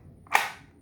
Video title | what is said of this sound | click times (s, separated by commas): Use the right holster when you open carry Huey P Newton Gun Club | You hear the click? That means that it's fitting into place. | 0.3 s